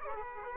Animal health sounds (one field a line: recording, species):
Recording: mosquito wingbeat signal from an infrared sensor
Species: Aedes aegypti